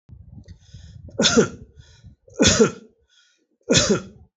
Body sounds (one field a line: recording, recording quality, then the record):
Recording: heavy voluntary cough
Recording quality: excellent, no background noise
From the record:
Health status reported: healthy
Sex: male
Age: 59 years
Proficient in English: yes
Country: India